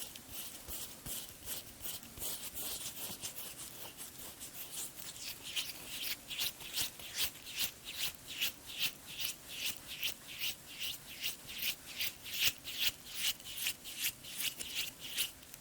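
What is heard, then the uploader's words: Skin-care sounds of steady rhythmic scrubbing, bright crisp brushing strokes quickening and growing more distinct after six seconds, about twice per second. TimASMR-Layered Skin Care Sounds (Cleansing, Scrubbing, Tapping, Face Touching, No Talking).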